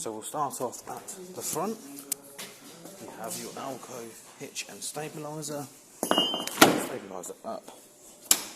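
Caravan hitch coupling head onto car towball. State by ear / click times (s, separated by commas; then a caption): seated / 8.3 s. Someone talks while the metal hitch head of an Elddis Affinity 482 caravan, fitted with an Alcove hitch and stabilizer, is lowered onto a car's towball and its handle is raised. Louder handling noises come around 6.0–6.6 s. A sharp click at 8.3 s marks the coupling locking and seating on the towball.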